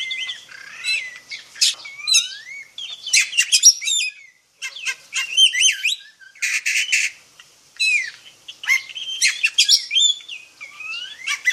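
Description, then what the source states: Oriental magpie-robin song with rapid, varied phrases of sliding whistles mixed with harsh buzzy bursts, broken by a few short pauses. Black form of the magpie-robin.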